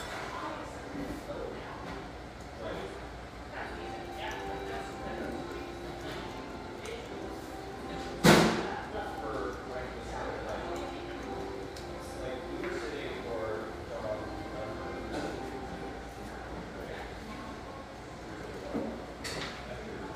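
A coffeehouse in Northeast Portland's Hazelwood neighborhood, with a steady murmur of talk and soft music running throughout. Scattered small clicks and clatters of cups or dishes come and go, and one sharp, loud knock stands out around eight seconds.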